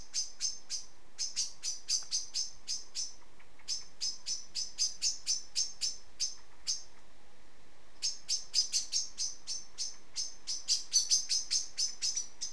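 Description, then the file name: Common blackbird calling with rapid, sharp ticking notes in long runs separated by brief breaks. "Turdus merula"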